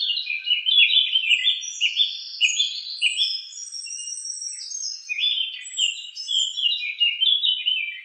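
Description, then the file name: Song thrush song, a dense continuous flow of varied whistled, warbled and trilled phrases with no pauses. "suara-kicauan-burung-song-thrush 7-omkicau"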